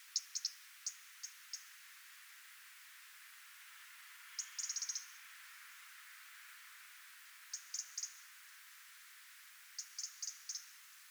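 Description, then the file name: European robin giving soft ticking calls, scattered single clicks and short rapid bursts spread throughout. "Erithacus rubecula"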